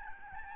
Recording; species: mosquito wingbeat signal from an infrared sensor; Aedes albopictus